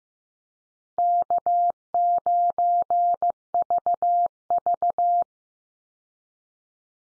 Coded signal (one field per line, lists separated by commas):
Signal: Morse code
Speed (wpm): 15 wpm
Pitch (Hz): 700 Hz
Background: none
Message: K9VV